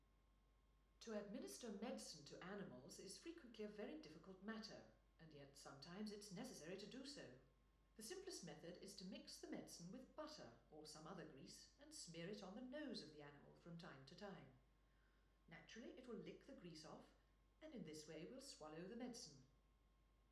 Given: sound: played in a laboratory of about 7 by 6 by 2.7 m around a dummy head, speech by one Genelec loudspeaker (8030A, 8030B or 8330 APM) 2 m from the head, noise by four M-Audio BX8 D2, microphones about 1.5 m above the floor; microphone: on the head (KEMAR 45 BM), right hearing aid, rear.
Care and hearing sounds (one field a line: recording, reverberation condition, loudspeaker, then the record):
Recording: female speech in English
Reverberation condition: medium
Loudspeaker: 90 degrees to the right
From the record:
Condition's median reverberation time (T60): about 510 ms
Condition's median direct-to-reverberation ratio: about -0.5 dB